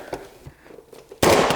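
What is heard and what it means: The second, lower retaining tab of a plastic side cover on a 2023 Honda Grom's frame is pulled free by hand during an air filter change, after a few faint knocks and rustles. It lets go with a sharp, loud pop at 1.2 s that rings on briefly, releasing the cover.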